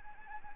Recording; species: mosquito wingbeat signal from an infrared sensor; Anopheles gambiae